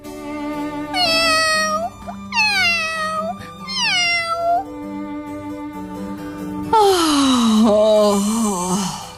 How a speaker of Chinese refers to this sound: 河马把最后一滴牛奶倒进了猫宝宝的嘴里，可怜的猫宝宝嗓子都快哭哑了。